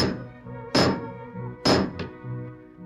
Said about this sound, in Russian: Медведь стучит со всей силой.